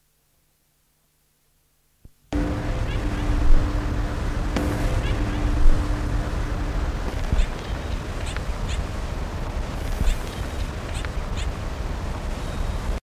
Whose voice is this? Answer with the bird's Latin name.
Bucanetes githagineus